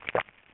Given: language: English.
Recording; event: throat vibration sensor signal played as sound; swallow